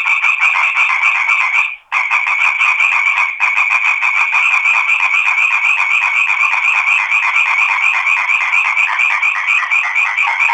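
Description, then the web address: Frogs croaking in a dense chorus, rapid pulsed rasping notes running continuously, with a short break near two seconds. Crete, 2011–2012. "crete 2011-2012 audio sammakko"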